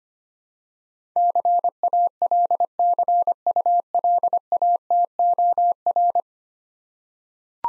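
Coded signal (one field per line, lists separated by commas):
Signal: Morse code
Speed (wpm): 25 wpm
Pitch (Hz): 700 Hz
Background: none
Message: CALCULATOR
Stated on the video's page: Morse practice drill of difficult words with contextual hints, sent at 25 wpm.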